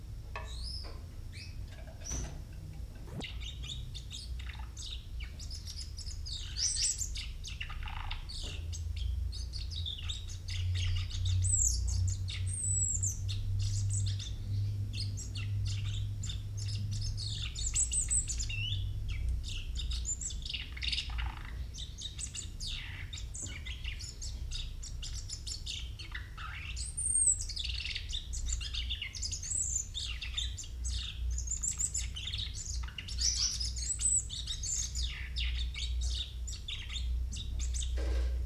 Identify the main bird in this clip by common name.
Common Chaffinch